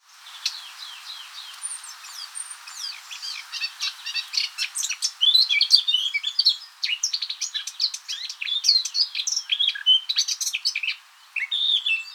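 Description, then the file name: Eurasian blackcap song: a dense, fast, jumbled warble of high chirps and twittering notes that continues throughout, with a brief pause near the end. "Sylvia atricapilla"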